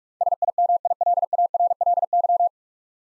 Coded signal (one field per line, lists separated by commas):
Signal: Morse code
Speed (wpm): 46 wpm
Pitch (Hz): 700 Hz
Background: none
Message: SIMILARLY